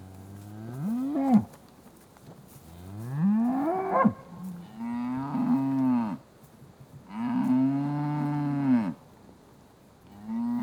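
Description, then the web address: Cattle lowing: several long, deep moos in turn, some rising then dropping away, with brief quiet gaps between them. South Devon suckling herd being fed. "BBC Sound Effects Library. Douth Devon Suckling Herd"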